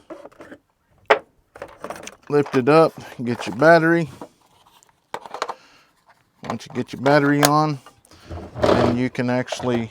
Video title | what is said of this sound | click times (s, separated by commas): Paint Sprayer take 1 | make sure it's unlatched it wasn't I didn't latch it one ago unlatch it | 1.1 s